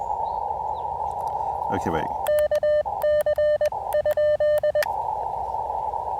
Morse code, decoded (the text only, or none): KC?